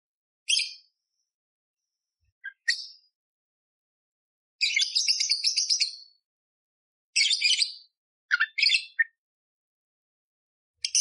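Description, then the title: Budgerigar chirps: isolated short scratchy notes and two longer rattling bursts of rapid chatter separated by silences. Loud, clear chirping budgerigar used as masteran for training kacer songbirds, with coarse 'tembakan' bursts. "Masteran Burung Parkit Gacor Jernih Full Isian Tembakan Kasar Cocok Buat Kacer"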